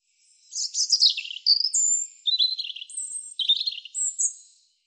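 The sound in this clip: European robin song phrase alternating jangling twitters with clear, drawn-out high whistles, about four seconds long and fading out at the end.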